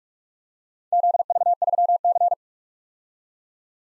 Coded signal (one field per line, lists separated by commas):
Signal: Morse code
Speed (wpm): 44 wpm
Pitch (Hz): 700 Hz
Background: none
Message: ZV3C